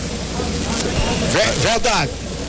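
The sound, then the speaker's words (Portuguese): Heavy rain hisses in a steady, dense wash of noise over a football pitch during a match in Maranhão, Brazil, forming puddles on the field, while a voice speaks briefly over it partway through. “Dá pra ver ali, ó, que as poças d'água aí já devido à intensidade da chuva.”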